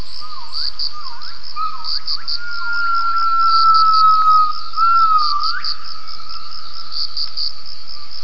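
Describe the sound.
Gibbon calling: a series of short swooping whoops, then a long sustained whistled note that rises sharply at the end, over a steady pulsing insect chorus.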